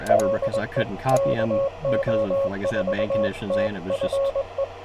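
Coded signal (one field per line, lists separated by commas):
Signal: Morse code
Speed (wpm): 22 wpm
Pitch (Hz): 550 Hz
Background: speech, radio noise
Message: DE KO4TFE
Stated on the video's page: Morse sent with a straight key during a park activation, with poor band conditions and a compromised antenna.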